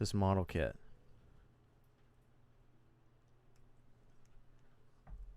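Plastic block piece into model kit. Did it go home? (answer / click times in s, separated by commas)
no / none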